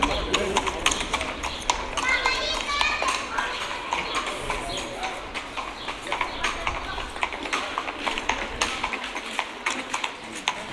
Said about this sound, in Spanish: Caballo perchero que no existe ya. Eso yo no sé dónde están, pero eran algo demenciales y llevaban un carro con ruedas, yo de metálicas no las conozco, con ruedas de goma